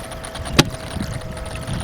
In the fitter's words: snaps right in place as you can see